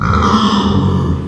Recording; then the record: squeal of a Yucatan mini pig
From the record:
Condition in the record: after surgery on the right vocal fold (resection and tissue-engineered implant); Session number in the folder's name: 15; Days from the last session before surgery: 175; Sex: female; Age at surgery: 19 weeks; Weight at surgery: 25 kg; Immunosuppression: prednisolone